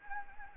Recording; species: mosquito wingbeat signal from an infrared sensor; Anopheles gambiae